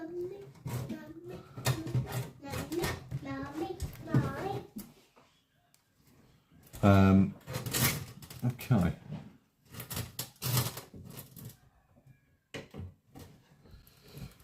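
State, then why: Not seated. Someone talks while a second power cable plug is handled and lined up with its socket on a PC component, with brief soft handling knocks and rustles between the words. The clip ends before the plug goes home, so nothing has seated or clicked yet.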